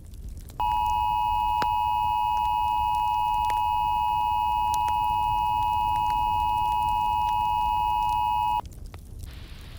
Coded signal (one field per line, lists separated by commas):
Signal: Emergency Alert System (SAME) tones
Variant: 853 and 960 Hz attention tone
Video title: EAS Scenario - The Care Bear Revelation (REMASTERED)